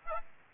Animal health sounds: mosquito wingbeat signal from an infrared sensor; Aedes aegypti

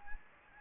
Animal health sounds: mosquito wingbeat signal from an infrared sensor; Anopheles gambiae

